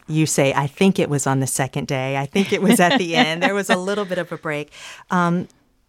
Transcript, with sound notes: I mean, you say, I think it was on the second day. I think it was at the end.
(Laughter).
And there was a little bit of a break.